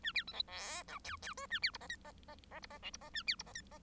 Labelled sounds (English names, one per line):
Bengalese Finch song